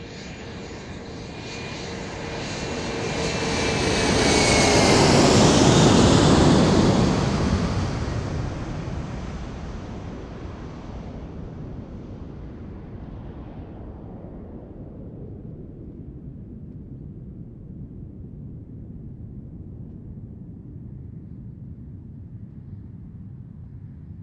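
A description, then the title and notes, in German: An aircraft passes at Kloten airport, its roar swelling to a peak around five seconds with a high engine whine sliding downward. The sound then fades over the next ten seconds into a low, steady rumble that continues to the end. September, 13:24 CET. Flughafen Kloten.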